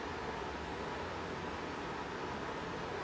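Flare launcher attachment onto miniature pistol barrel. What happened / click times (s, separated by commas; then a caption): A small threaded attachment is being lined up with no seating click / none. A small metal flare-launcher attachment is being lined up on the threaded muzzle of a miniature pistol, and the threads will not catch. Only a steady, broadband hiss is heard throughout, with no distinct clicks or impacts. Nothing has seated or clicked yet.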